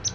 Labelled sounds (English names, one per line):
Palm Warbler flight call